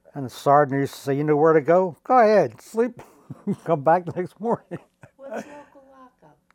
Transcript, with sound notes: And the sergeant used to say, "You know where to go? Go ahead. Sleep." [chuckles] Come back the next morning.
What's the local lockup?